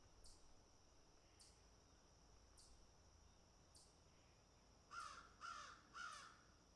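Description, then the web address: Crow: sharp high ticks repeat about once a second, then three harsh caws in a row near the end. Crows picking and eating. "animals crows picking and eating"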